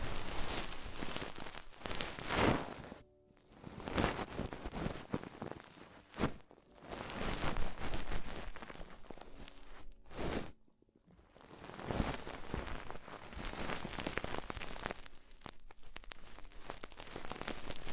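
Ear exploration sounds come as dense, crackling bursts of rubbing and scratching that fill the whole range from low to very bright. The texture stays busy and grainy, breaking briefly into near-silence around three, six and eleven seconds before resuming.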